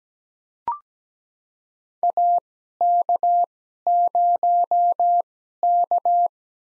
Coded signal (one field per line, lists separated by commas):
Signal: Morse code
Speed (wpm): 17 wpm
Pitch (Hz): 700 Hz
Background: none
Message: AK0K